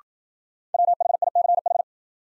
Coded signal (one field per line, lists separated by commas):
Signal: Morse code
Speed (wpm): 53 wpm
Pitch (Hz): 700 Hz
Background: none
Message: WHICH